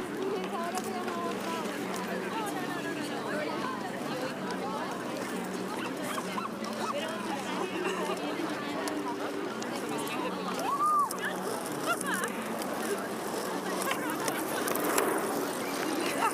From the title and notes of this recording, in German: Diese Folge wurde auf der Tempelhofer Freiheit in Berlin aufgenommen. Hunderte Menschen gehen ihren Beschäftigungen nach. Vorbeiziehende spazierende Menschen geben kurze Gesprächsfetzen.